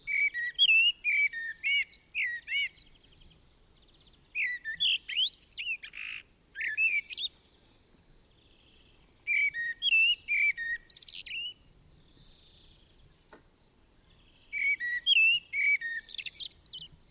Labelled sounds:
Common Blackbird song

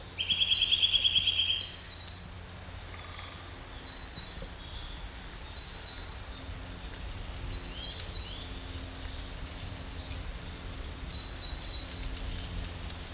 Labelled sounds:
Eurasian Nuthatch song

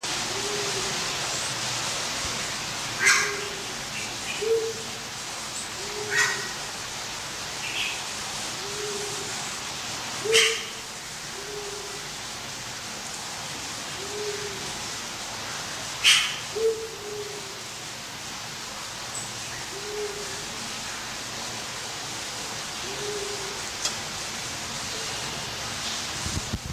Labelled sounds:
Amazonian Motmot call

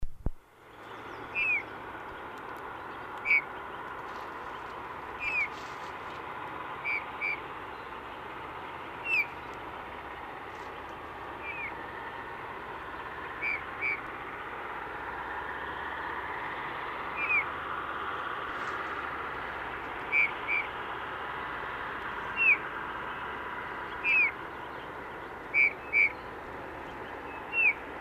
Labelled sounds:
Eurasian Bullfinch song

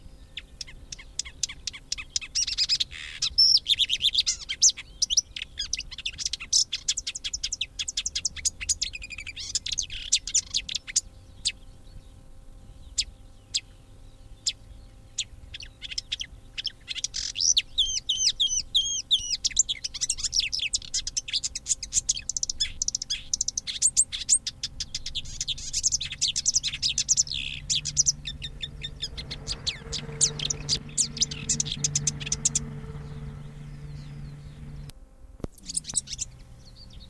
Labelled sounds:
Marsh Warbler

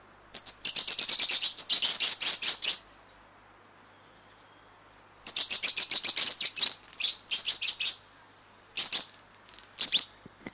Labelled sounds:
Fischer's Lovebird call

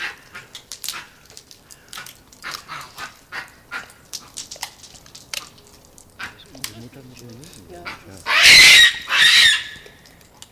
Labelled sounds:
Hamadryas Baboon

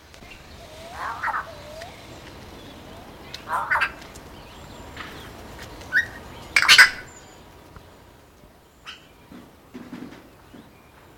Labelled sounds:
Yellow-faced Myna call

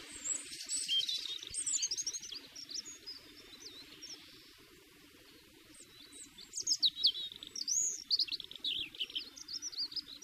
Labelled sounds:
European Robin song

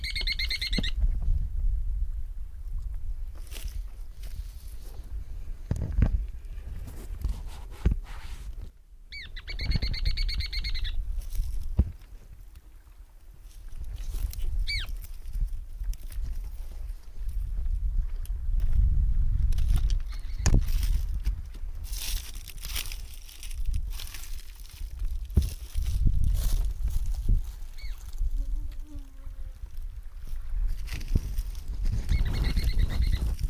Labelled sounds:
Ruddy Turnstone call

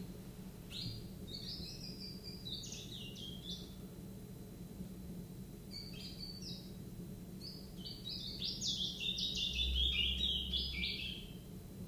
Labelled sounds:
Willow Warbler

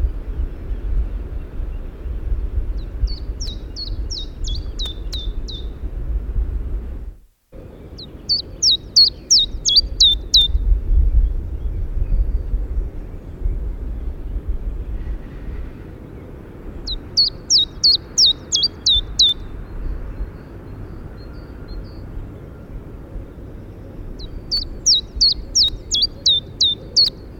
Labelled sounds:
Common Chiffchaff song

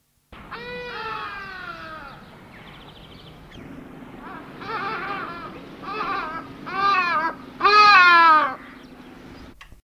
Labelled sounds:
Hadada Ibis call

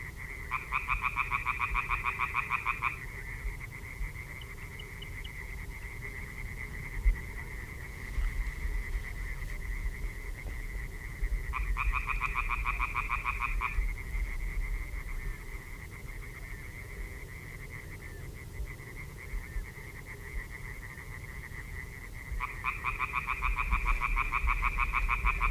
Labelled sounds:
Common Tree Frog call

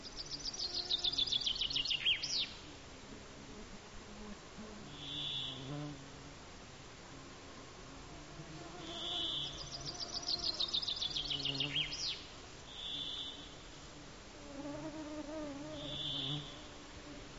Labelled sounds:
Common Chaffinch song

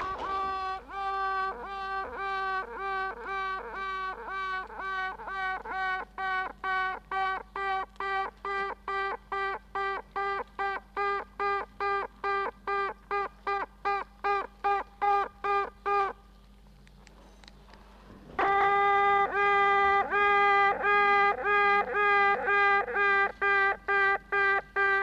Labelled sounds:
Honey Bee

